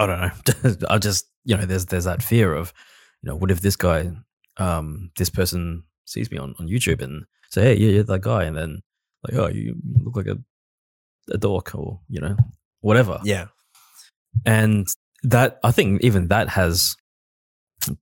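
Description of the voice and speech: An adult man speaks conversationally in a low voice, fluent and relaxed, with natural fillers like "you know" and short thinking pauses. Articulation and voice quality are ordinary, consistent with normal adult speech in a quiet room.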